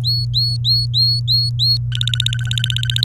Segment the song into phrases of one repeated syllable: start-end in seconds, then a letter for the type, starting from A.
0.03-1.77 A, 1.92-3.04 B